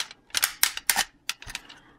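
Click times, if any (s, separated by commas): 0.6 s, 0.9 s, 1.3 s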